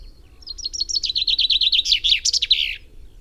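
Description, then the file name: Common chaffinch delivering one full song phrase, a fast chain of repeated chirpy notes dropping in pitch and closing with a brisk flourish. "Fringilla coelebs"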